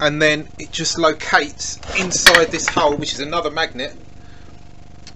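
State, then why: Seated. Someone talks while a 3D-printed droid skin connector with a proud magnet is located into a hole in a droid skin block that holds another magnet. After the talking fades to a quiet stretch, a short sharp click at 5.1 s marks the magnetic connector clicking into place. It seats with a stronger pull because it goes into the hole.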